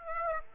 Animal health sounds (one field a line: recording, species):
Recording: mosquito wingbeat signal from an infrared sensor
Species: Aedes aegypti